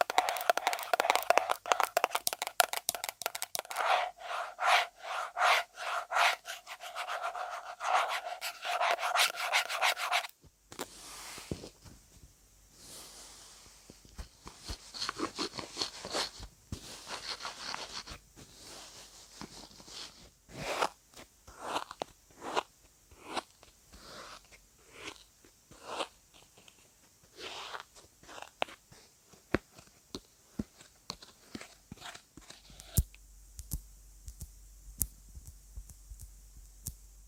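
Quick-changing triggers of scratching and tapping. For the first ten seconds, dense, bright scratching with sharp clicks runs continuously. After an abrupt cut, softer, sparser taps and rubbing sounds follow in irregular bursts, with another change near thirty-three seconds.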